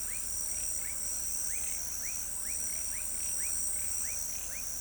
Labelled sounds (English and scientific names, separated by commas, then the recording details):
none
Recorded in pastures near Pivijay, Magdalena, Colombia, on 3 June 2023 at 20:30
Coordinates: 10.456, -74.369
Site P6-G026